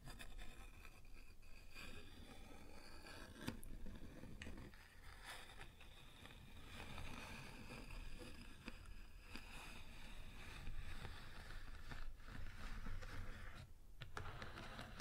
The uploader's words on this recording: ASMR Wood Surface Tapping & Scratching (No Talking).